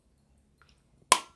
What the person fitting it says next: there you go heard that snap there